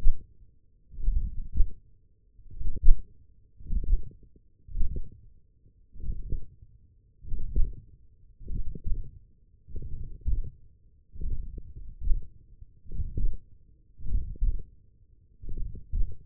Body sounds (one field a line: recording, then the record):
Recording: forearm muscle sounds (acoustic myography)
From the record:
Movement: hand opening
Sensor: system 1, eight BSWA MPA416 microphones around the upper forearm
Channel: 3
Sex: male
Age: 42 years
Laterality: right